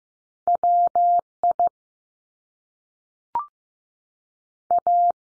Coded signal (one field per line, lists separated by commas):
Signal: Morse code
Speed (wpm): 15 wpm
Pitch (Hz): 700 Hz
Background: none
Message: W I A